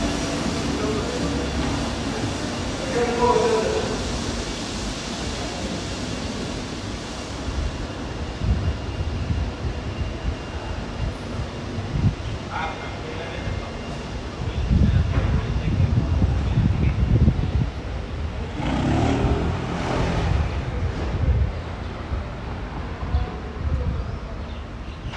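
A city street in Ramat Aviv, Tel Aviv, with a steady rumble of passing traffic and gusts of wind buffeting the microphone. A vehicle swells past around 15 to 18 seconds, and faint voices surface briefly near 3 and 20 seconds.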